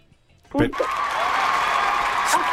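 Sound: applause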